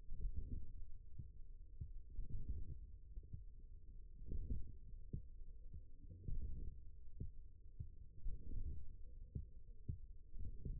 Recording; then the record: forearm muscle sounds (acoustic myography)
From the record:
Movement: wrist extension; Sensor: system 1, eight BSWA MPA416 microphones around the upper forearm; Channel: 7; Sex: male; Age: 41 years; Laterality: right